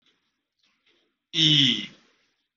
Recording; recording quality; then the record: sustained vowel as in beet; excellent, no background noise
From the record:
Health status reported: COVID-19 positive, mild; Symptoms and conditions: cough, cold, fever, loss of smell and taste, asthma, chronic lung disease, pneumonia, hypertension, diabetes, ischaemic heart disease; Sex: male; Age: 40 years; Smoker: yes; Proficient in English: yes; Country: India